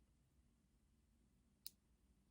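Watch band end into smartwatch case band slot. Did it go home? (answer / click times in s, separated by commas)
yes / 1.7 s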